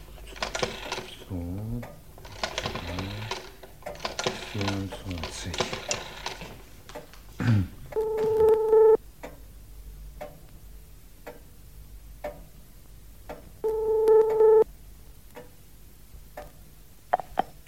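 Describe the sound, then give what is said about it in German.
After a stretch of talking, a telephone rings twice very early in the morning, waking someone from bed. Each ring is a loud, steady, bright electronic trill about a second long, separated by a few seconds of quiet. “Sag mal, bist du verrückt geworden, mich in aller Herrgottsfrüh aus dem Bett zu klingeln?”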